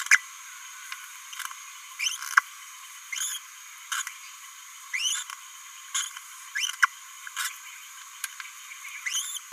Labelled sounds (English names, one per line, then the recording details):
Green-rumped Parrotlet babbling
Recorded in a nest box in Venezuela
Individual 18B17A5